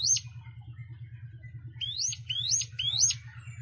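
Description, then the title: Plain prinia song: a few high rising-then-falling notes, one early and three in quick succession later, over a steady low hum. "Ciblek Sawah"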